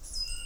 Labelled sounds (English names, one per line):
Stitchbird song